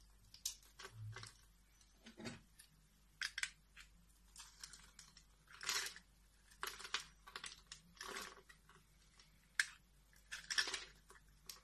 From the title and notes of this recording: This episode of the White Noise Podcast is SOAP CARVING.